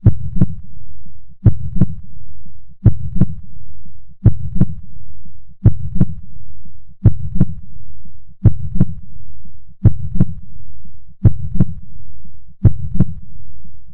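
Slow, regular adult human heartbeats, about 43 per minute. Each beat is a paired lub-dub thump, with a low rumble filling the gaps between beats.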